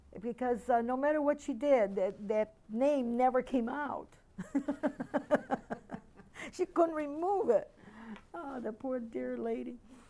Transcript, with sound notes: Because no matter what you did, that name never came out. (They laugh) She couldn't remove it. Oh, the poor dear lady.